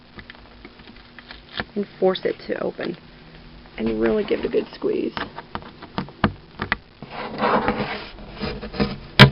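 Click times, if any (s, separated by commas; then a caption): 9.2 s. Someone talks while squeezing the two halves of a two-piece plastic grommet together through a hole in a foam board, with scattered light taps and handling noises along the way. A sharp, loud click at 9.2 s marks the grommet halves snapping together and seating closed in the board.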